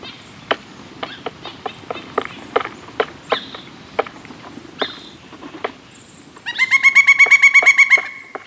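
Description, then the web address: Woodpecker giving a fast, even burst of ringing, harmonic notes near the end, after a run of sharp, irregular clicks and taps. Recorded in September 2018. "2018 09 woodpecker"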